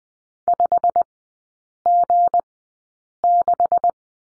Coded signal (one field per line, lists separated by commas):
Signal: Morse code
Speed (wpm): 20 wpm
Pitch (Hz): 700 Hz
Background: none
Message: 5G6